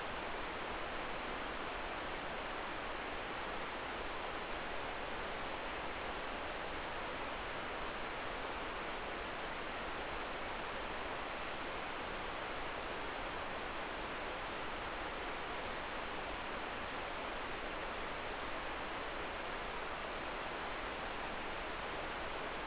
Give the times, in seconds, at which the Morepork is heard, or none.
none